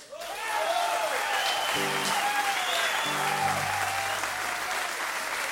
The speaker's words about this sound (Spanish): Y quiero pedir un fuerte aplauso